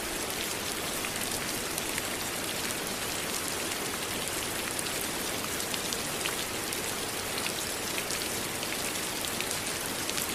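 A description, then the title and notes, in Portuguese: Steady, dense rain hisses evenly throughout, with fine bright drop ticks scattered across it and only a thin low rumble underneath. Sons de chuva. Ouça o barulho da água.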